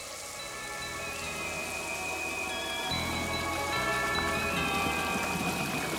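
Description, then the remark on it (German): Steady splashing and trickling water that seems to come from four directions at once as foul green water floods the stone floor of a vault, a dense patter of many small drops that thickens and grows slightly louder about halfway through, with no voices. “Und dann hörte Tom Parker ein eigenartiges Plätschern, das aus 4 verschiedenen Richtungen gleichzeitig zu kommen schien.”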